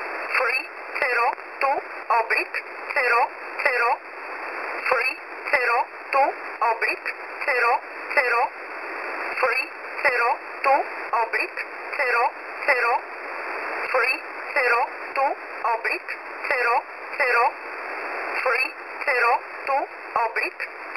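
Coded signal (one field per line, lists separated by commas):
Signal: numbers station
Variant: E11 Oblique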